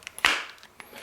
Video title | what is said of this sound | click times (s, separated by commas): Cold Steel SRK Knife, San Mai III | you see there you heard the click it locks in this is the knife in the sheath | 0.2 s